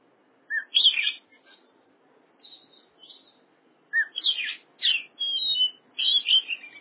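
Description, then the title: Oriental magpie-robin giving a loud burst of varied whistles and chirps, a near-quiet stretch with faint notes, then several more loud bursts. "Kacer"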